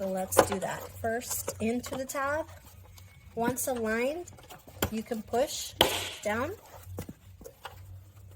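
Someone talks while handling a plastic rear basket for a Joovy Tricycoo LX tricycle, lining its clips up with the tabs at the rear wheel before pushing it down onto the frame. Brief knocks and handling sounds are heard between the speech. Nothing has seated or clicked into place yet.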